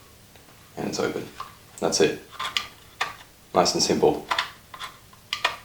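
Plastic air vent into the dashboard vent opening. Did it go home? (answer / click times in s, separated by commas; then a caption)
yes / 5.3 s, 5.5 s. A replacement plastic air vent, apparently 3D printed, is pressed into the dashboard vent opening of an E39 BMW. Someone talks while a few light plastic knocks and ticks sound. Two sharp clicks at 5.3 and 5.5 seconds mark the vent seating in place just like the original did.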